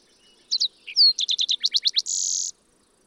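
Fox sparrow song: a bright run of clear whistled slurs and rapid descending notes, ending in a sustained buzzy trill, all within about two seconds.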